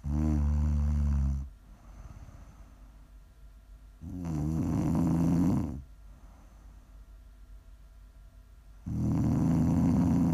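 An adult woman snoring in her sleep: three loud, low, rattling snores spaced about four to five seconds apart, roughly 13 per minute, with quiet breathing between them. Each snore has a rough, buzzing quality from vibration in the throat.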